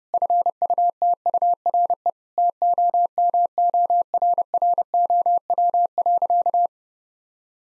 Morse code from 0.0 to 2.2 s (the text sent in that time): FUTURE